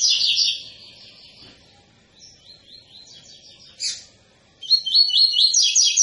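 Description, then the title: Double-collared seedeater opens with a short bright trill, goes quiet with faint notes, then gives a strong run of high repeated notes. Tui-tui style song of a spirited ('fibra') bird, used as a teaching song for young birds. "COLEIRO TUI TUI FIBRA"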